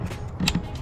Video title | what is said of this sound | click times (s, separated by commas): Spark Plug Replacement on Genesis G70 and Kia Stinger 3.3T DIY The easy way without removing intake! | you hear snap then you push that gray tab back in | 0.5 s